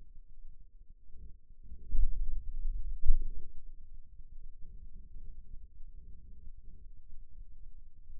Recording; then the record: forearm muscle sounds (acoustic myography)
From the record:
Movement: pen grasping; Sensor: system 2, bracelet of six BSWA MPA416 microphones around the upper forearm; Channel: 1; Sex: male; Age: 22 years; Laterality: right